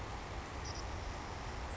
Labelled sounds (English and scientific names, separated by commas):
Savannah Sparrow (Passerculus sandwichensis)